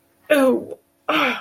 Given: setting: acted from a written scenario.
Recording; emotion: vocal sound without words; shame